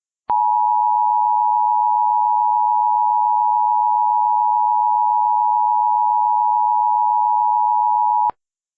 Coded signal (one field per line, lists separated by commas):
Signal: Emergency Alert System (SAME) tones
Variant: 853 and 960 Hz attention tone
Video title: *VALID TONES* Hellmo (EAS Scenario)